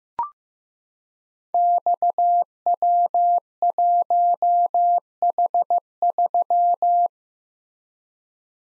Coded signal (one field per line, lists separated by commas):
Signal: Morse code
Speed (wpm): 15 wpm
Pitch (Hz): 700 Hz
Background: none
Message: XW1H3